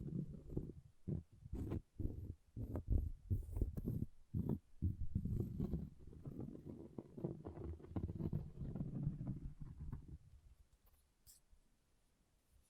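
Low, rough scratching against an object comes in quick bursts for the first few seconds, then drags on steadily before stopping near ten seconds.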